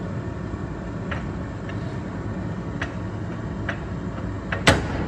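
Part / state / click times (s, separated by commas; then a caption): front suspension component (control arm/spring) seating into its mount on the car / seated / 4.7 s. The front suspension of a Foxbody drag car with a BMR front suspension is jacked up to force a steel suspension component, likely the control arm and spring assembly, into its mount. Against a steady low rumble, a few faint ticks lead up to a sharp, loud pop at 4.7 s. The pop means the component has seated in place.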